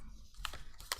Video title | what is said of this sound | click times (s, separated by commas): How to Use the Printable from My Etsy Shop | monthly cleaning list I could put this on my monthly spread and then it is pops right in you | 0.4 s, 0.9 s